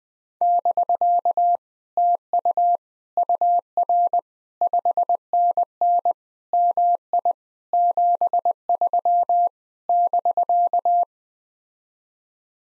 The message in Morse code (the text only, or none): <BK> TU UR 5NN MI 73 <BK>